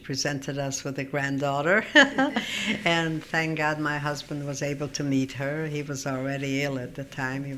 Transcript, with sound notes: She presented us with a granddaughter. (they laughs) And thank God my husband was able to meet her. He was already ill at the time.